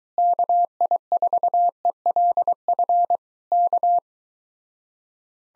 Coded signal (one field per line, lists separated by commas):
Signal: Morse code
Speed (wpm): 22 wpm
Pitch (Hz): 700 Hz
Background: none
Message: KI4ELF K